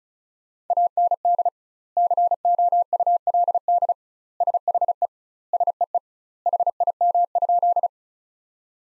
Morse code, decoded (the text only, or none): AND COULD SHE SEE HIM?